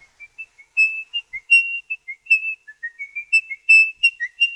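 A suspect whistles a wavering tune nervously in short, uneven phrases, the notes sliding and breaking off repeatedly with brief gaps between bursts, thin and unsteady in pitch.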